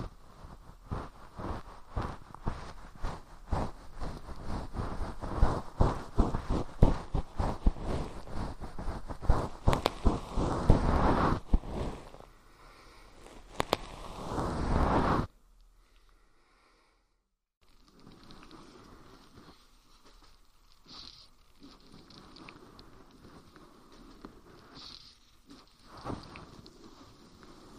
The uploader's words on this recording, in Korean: 솜털 귀청소 동시에 (인트로 수다 X).